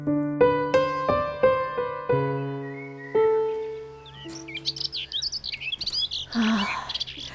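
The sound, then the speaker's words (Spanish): A few struck piano-like notes ring out over a low sustained tone, then give way to a lively chorus of birds chirping and twittering in quick, high bursts. “Poder respirar aire puro, escuchar los pajaritos.”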